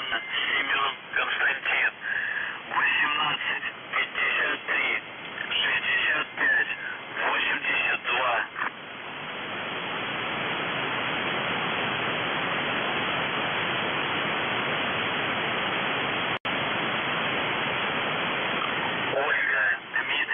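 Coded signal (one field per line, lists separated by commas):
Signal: coded military voice message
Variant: UVB-76, Russian voice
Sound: a voice reading a message over radio, then a long stretch of hiss, then voice again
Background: radio static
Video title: The Buzzer/UVB-76 Voice Message February 15, 2021 13:22 UTC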